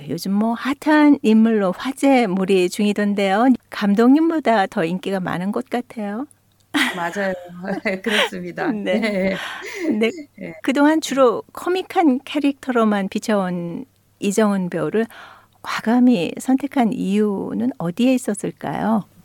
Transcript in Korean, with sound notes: 요즘 핫한 인물로 화제 몰이 중이던데요. 감독님보다 더 인기가 많은 것 같아요.
(웃음) 맞아요. 그렇습니다.
그동안 주로 코믹한 캐릭터로만 비춰온 이정은 배우를 과감히 선택한 이유는 어디에 있었을까요.